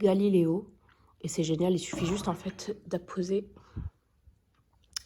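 A plastic over-door storage rack is hooked over the top of a kitchen cabinet door. Someone talks for most of the clip, then after a quiet pause a sharp click at 4.8 seconds and a louder click at 5.0 seconds are heard. The rack is seated on the door.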